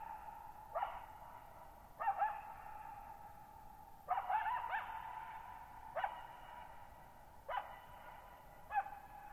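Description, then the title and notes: Coyote giving a series of short yipping barks and wavering calls roughly every one to two seconds, each ringing on in a long echo against a faint background. Lone coyote vocalizing at night, July 14, 2019, Thirtymile Meadows, Okanogan National Forest, Okanogan High Country, 1950 m, shallow bowl-shaped meadow, very reverberant (RT60 over 5.5 s). "Lone Coyote at Thirtymile Meadows. I spent the night of July 14, 2019, camped near Thirtymile Meadows in the Okanogan National Forest at 6400 ft (1950 m). The area is known as the Okanogan High Country"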